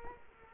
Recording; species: mosquito wingbeat signal from an infrared sensor; Culex quinquefasciatus